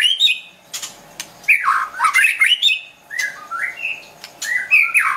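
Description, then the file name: White-rumped shama singing a rich, varied run of slurred whistles, sharp clicks and harsh notes, phrases following closely with brief gaps, over a faint steady hum. Wild bird from forest near Medan, singing actively (gacor). "suara burung murai batu hutan medan gacor"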